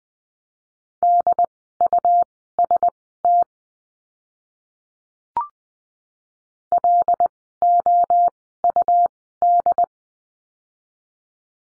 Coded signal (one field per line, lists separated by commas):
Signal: Morse code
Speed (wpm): 20 wpm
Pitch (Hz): 700 Hz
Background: none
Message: DUST LOUD